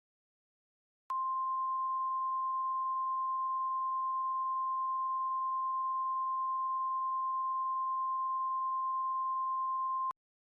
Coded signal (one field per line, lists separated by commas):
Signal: Emergency Alert System (SAME) tones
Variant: 1050 Hz attention tone